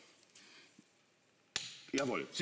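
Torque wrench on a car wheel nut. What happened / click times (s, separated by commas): The torque wrench clicked, so the wheel nut is at set torque / 1.6 s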